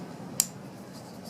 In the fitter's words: you can hear it sort of snap into place